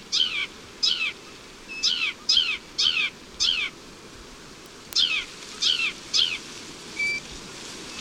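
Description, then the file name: Sedge wren giving a series of scratchy, downslurred chip notes at irregular intervals, with a pause in the middle. "Cistothorus platensis - Sedge Wren"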